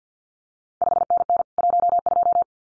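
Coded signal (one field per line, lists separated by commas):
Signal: Morse code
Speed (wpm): 50 wpm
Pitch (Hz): 700 Hz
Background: none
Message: 5NN 12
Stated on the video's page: Randomly selected CQ World Wide contest exchanges sent at 50 wpm for head-copy practice, each sent in Morse, then spoken, then sent again.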